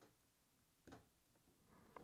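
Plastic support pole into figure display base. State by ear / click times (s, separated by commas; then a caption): partly seated / 2.0 s. A plastic support pole (pole E) is pushed into the socket of display base E for a One Piece WCF Premium Monkey D. Luffy Special figure, with a soft knock near 0.9 s and a sharp small tick at 2.0 s. The pole is only partly seated, not all the way in, and is left partly inserted for now until it can be warmed up to push it fully in.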